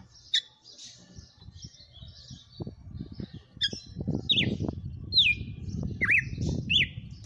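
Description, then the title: Red-cowled cardinal whistles, a few scattered notes at first, then four clear falling-and-rising whistled phrases in the second half over low rumbling noise. Female; bird named Fenrir. "Canto Galo Campina Fêmea. Galo de campina cantando na cara do FREGUÊS - Esse é o FENRIR"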